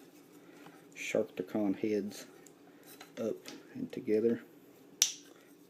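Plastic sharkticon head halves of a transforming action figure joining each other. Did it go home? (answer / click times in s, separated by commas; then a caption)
yes / 5.0 s. Someone talks while bringing the two plastic Sharkticon head halves of a Transformers Beast Hunters Sharkticon Megatron action figure up and pressing them together during transformation. A single sharp click sounds at 5.0 s as the halves seat into place.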